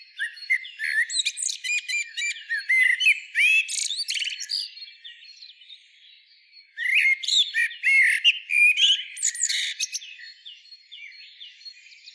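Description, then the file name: Common blackbird singing rich warbled phrases that end in shrill, scratchy twittering, then a short lull before another twittery burst. "Turdus merula"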